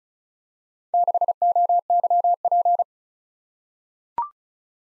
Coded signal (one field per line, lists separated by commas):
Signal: Morse code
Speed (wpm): 36 wpm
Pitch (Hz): 700 Hz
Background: none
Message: 6OYP